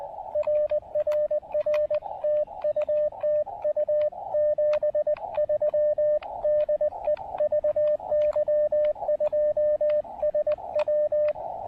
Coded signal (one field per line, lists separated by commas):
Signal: Morse code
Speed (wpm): 20 wpm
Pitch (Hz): 590 Hz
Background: radio noise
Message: RRR TU TU 73 DE VY2SW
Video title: POTA QRP and DX at Cap Tourmente National Wildlife Area in St-Joachim, Québec